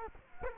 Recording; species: mosquito wingbeat signal from an infrared sensor; Culex quinquefasciatus